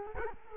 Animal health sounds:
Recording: mosquito wingbeat signal from an infrared sensor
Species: Culex quinquefasciatus

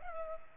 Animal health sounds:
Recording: mosquito wingbeat signal from an infrared sensor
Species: Culex pipiens

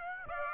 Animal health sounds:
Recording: mosquito wingbeat signal from an infrared sensor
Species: Aedes aegypti

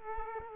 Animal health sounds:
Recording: mosquito wingbeat signal from an infrared sensor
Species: Culex quinquefasciatus

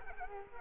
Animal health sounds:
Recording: mosquito wingbeat signal from an infrared sensor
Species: Culex quinquefasciatus

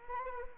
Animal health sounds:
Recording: mosquito wingbeat signal from an infrared sensor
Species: Anopheles arabiensis

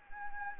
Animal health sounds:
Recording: mosquito wingbeat signal from an infrared sensor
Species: Anopheles gambiae

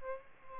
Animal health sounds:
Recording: mosquito wingbeat signal from an infrared sensor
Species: Aedes albopictus

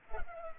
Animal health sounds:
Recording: mosquito wingbeat signal from an infrared sensor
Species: Culex pipiens

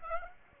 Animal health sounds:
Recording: mosquito wingbeat signal from an infrared sensor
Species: Aedes aegypti

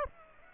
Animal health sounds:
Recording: mosquito wingbeat signal from an infrared sensor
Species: Aedes aegypti

